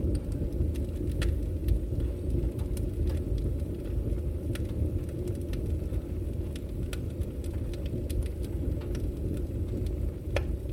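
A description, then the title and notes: A fire burns with a steady, dense low roar, while sharp crackles and pops snap through at irregular moments every second or so. Peaceful Fire Burning & Crackling On A Cozy Night. The crackling sounds of the fire.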